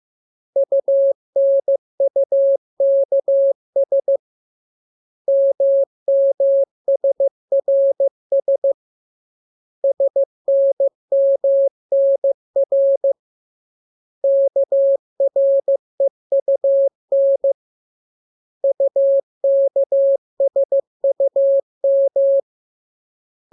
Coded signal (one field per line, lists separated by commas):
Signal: Morse code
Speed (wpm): 15 wpm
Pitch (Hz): 550 Hz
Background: none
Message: UNUKS MMSRS SNMNR KREUN UKSUM